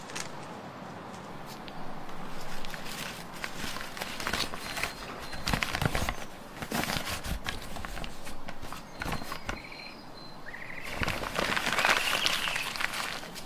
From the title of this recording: flying broom, open book